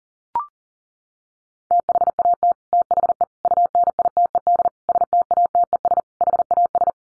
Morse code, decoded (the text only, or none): THAT THE UNITED STATES HAS